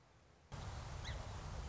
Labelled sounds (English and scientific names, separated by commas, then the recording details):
Song Sparrow (Melospiza melodia)
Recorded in Sonoma County, California